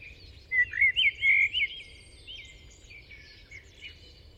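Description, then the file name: Common blackbird song phrase of several warbled, whistled notes rising into a high, squeaky twitter, then fainter scattered chirps over a soft hiss. "Turdus merula"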